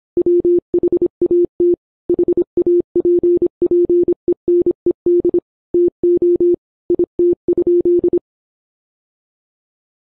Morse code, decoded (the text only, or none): WHAT HAPPENED TO IT?